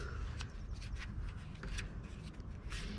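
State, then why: Not seated. The end of a drip irrigation tape has been threaded through the skinny end of a plastic end closure and is folded over twice by hand, with soft crinkling and rustling over low background rumble. A sharp tap is heard at 1.6 s and a brief scrape at 2.7 s. The end closure has not been pushed over the fold yet, so nothing has snapped in place.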